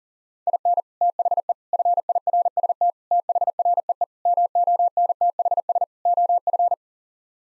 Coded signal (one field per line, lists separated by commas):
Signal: Morse code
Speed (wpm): 37 wpm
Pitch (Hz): 700 Hz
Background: none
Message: IN THE FIRST THREE MONTHS OF